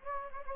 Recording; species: mosquito wingbeat signal from an infrared sensor; Anopheles gambiae